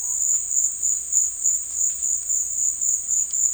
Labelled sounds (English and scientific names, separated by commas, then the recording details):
none
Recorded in dense forest near Puerto Asís, Putumayo, Colombia, on 18 February 2024 at 14:30
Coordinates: 0.484, -76.317
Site G6464